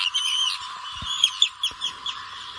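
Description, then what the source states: Arctic tern calls: harsh, grating high cries, a drawn-out rasp followed by several short, sharp notes in quick succession, with a few faint low thumps. Heard these days along coasts; migrates about 12,000 km south along Africa's coast to the Cape of Good Hope.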